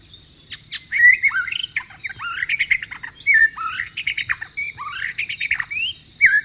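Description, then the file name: White-rumped shama song of loud clear whistles mixed with harsher rattling notes, in short varied phrases with brief pauses. Wild bird, in the wild. "suara burung murai batu di alam liar"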